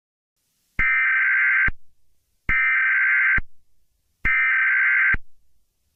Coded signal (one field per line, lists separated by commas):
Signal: Emergency Alert System (SAME) tones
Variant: header bursts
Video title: EAs scenario: THE CATASTROPHIC WORLD (PART1)